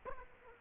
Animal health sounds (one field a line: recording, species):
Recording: mosquito wingbeat signal from an infrared sensor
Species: Aedes aegypti